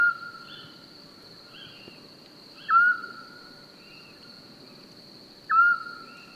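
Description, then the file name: Eurasian scops owl calling: a clear monotone whistle, repeated about every three seconds, with a constant high buzzing drone and faint other notes behind. Recorded on 27 May 2021 at 22:45 in Francheville. "Hibou-petit-duc 20210527 2245 Francheville"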